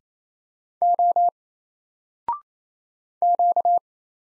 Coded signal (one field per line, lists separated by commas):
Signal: Morse code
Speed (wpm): 27 wpm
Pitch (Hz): 700 Hz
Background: none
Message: O Q